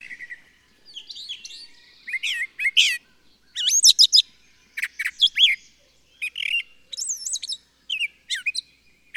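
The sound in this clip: Bird song: a varied run of high, sweeping whistled phrases and chirps, delivered in quick bursts with short pauses between them.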